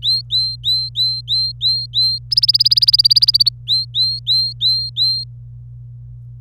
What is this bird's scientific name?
Serinus canaria